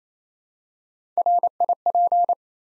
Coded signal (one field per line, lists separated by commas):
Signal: Morse code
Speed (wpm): 28 wpm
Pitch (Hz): 700 Hz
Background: none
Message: RIP